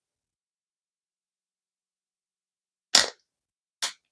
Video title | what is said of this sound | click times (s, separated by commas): CHAOREN Ratchet Leather Dress Belt for Men 1 1/4" Unboxing and Review | and then you're going to hear that click | 3.0 s, 3.8 s